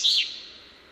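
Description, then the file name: Common chaffinch giving a single short, high, slightly arched note that fades quickly. "Fringilla coelebs"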